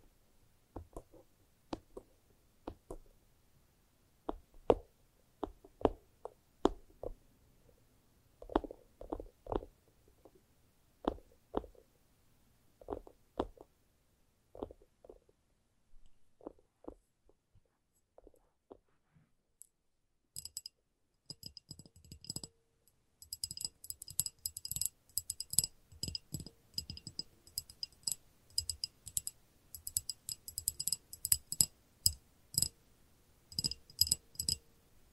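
Fingers tap in short, irregular bursts, with each dry knock standing apart for the first twenty seconds. After that the taps speed up into dense, rapid clusters with a brighter, glassy ring on top and occasional soft scratches between them.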